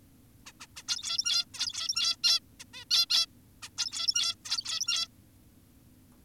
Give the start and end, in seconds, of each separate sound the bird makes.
0.46-0.52, 0.60-0.67, 0.76-0.83, 0.88-1.45, 1.54-2.16, 2.24-2.40, 2.60-2.64, 2.74-2.85, 2.91-3.06, 3.10-3.26, 3.63-3.70, 3.78-4.35, 4.45-5.08